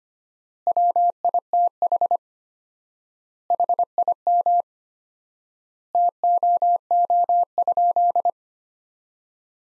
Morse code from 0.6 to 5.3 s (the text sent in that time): WITH HIM